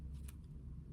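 The cap of a double-cap rivet is pushed by hand onto its post through bag fabric and lining, giving a short sharp click at 0.3 s over a steady low rumble. The cap has clicked on but still sits proud, could be pulled off, and is not yet secure.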